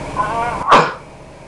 Sneezing.